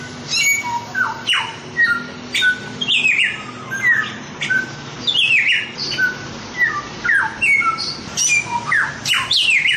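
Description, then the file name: Chinese grosbeak song: a quick run of clear whistled notes and sharp falling slurs, mostly high-pitched, in irregular bursts with faint low hum underneath. Masteran song-training recording of Chinese grosbeak (samyong). "masteran samyong omkicau"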